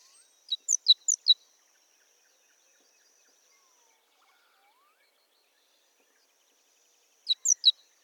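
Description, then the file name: Great tit calls: a quick burst of five sharp, high, ringing notes near the start, then silence, then three more sharp notes near the end. "Parus major"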